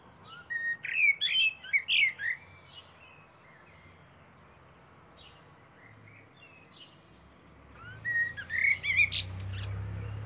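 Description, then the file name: Eurasian blackbird singing two bursts of fluted warbling phrases mixed with high squeaky notes, separated by several seconds of quiet background hiss. "Turdus merula"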